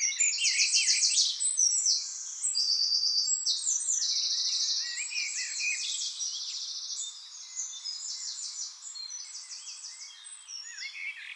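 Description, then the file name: Eurasian wren pouring out a long, rapid song of piercing notes and machine-gun trills, fading slightly toward the end, with faint background hiss. "Troglodytes troglodytes"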